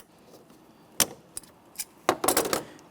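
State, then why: Seated. On a 2009-2014 Nissan Maxima, the outer casing of the hood release cable is aligned with its mounting bracket and pressed in by hand, and it seats with a sharp click at 1.0 s. Quieter clicks follow at about 1.4 and 1.8 s, then a louder rattling cluster of clicks from about 2.1 to 2.6 s as the seated casing is checked with a quick wiggle and stays in place.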